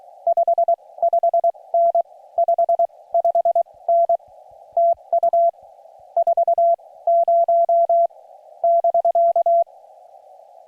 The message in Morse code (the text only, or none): 55N 55N TU 40 <BK>